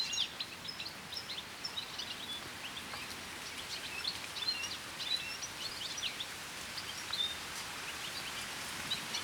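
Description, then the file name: European goldfinch twittering throughout, quick liquid chirps and short trills in a busy stream, against a constant rushing background noise. "Carduelis carduelis"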